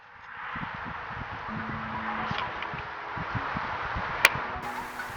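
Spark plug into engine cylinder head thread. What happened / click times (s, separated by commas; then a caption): The spark plug threads dropped into engagement with a single click / 4.2 s. A freshly gapped spark plug is lowered by hand into the first bore of the cylinder head on a 1993–1997 Toyota Corolla and turned counterclockwise. Over a steady broadband hiss with scattered low thumps, one short, sharp click sounds at 4.3 s as the plug's threads drop into the start of the head threads. The plug is seated and ready to be threaded in.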